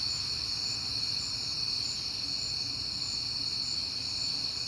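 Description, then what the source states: Many crickets chirp together in a bright, unbroken high chorus at several pitches, over a gentle low background hum. Crickets heard often in September; recorded at night on a peaceful night.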